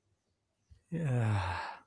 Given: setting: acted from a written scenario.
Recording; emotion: vocal sound without words; contentment